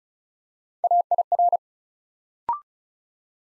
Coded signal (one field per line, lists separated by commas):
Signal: Morse code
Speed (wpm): 34 wpm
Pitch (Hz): 700 Hz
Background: none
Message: AIR